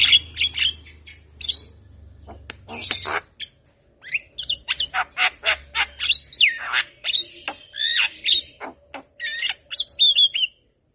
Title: Masteran & Pancingan Kicauan Jalak Kebo Gacor. Masteran Burung Jalak Kebo Gacor Manggut Manggut Bikin Burung Jalak Yang Dengar Cepat respon